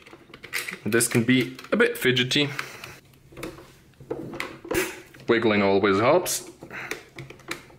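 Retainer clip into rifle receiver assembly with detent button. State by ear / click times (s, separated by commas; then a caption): seated / 6.9 s. On an SVT-40 rifle, the retainer clip is wiggled and pushed onto the metal receiver assembly with its detent button while someone talks, with small metallic clicks and taps throughout. At 6.9 s the clip snaps in place with a sharp click as the detent button returns to its original position, holding everything together.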